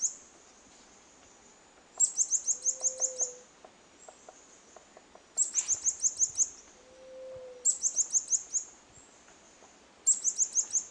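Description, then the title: White-chinned sapphire repeating shrill, rapid runs of high ticking notes in bursts, separated by pauses holding faint clicks, soft low whistles and steady background hiss. "LuckyPassaro Completos2Sama. White-chinned Sapphire (Hylocharis cyanus)"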